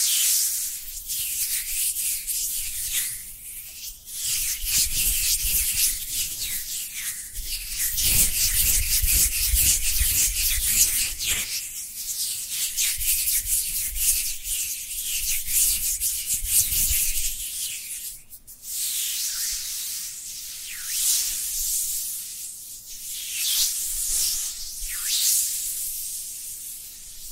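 Dry hands rub together in a steady, dense hiss that stays bright and papery throughout. The rubbing swells and eases in uneven strokes, with a few softer dips near 4, 18 and 25 seconds, and brief low thumps around 8 to 12 seconds.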